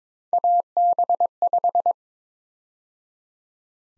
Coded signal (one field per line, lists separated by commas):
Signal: Morse code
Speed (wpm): 22 wpm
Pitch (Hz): 700 Hz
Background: none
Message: AB5